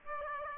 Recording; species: mosquito wingbeat signal from an infrared sensor; Aedes aegypti